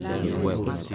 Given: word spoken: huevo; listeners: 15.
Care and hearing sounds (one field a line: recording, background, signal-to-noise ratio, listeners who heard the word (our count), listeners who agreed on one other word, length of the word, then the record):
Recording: one Spanish word in noise, from a listening test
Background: eight-talker babble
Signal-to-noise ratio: -1.2 dB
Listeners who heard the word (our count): 1 of 15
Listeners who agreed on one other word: 6 of 15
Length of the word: 0.55 s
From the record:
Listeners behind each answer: 6, 1, 1, 1, 1, 1, 1, 1, 1, 1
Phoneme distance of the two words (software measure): 7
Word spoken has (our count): 2 syllables, 4 phonemes, stress on syllable 1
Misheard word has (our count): 2 syllables, 5 phonemes, stress on syllable 1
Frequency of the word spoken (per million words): 27.87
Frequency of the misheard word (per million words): 36.98